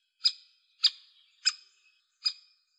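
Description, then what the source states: Great spotted woodpecker giving four sharp, high kick notes, each short and clipped, against a quiet background. Slovenia.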